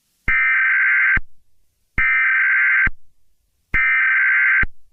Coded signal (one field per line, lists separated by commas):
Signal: Emergency Alert System (SAME) tones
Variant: header bursts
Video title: EAS scenario: Chicken jockey